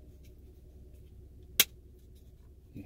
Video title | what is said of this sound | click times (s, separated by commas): How to fix a 2012 Ford F150 rear window that will not open | hear the click | 1.6 s